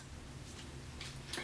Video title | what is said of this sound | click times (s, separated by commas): Review of the Nume 4 Play Set - Overview | and then you press until you hear a click | 1.3 s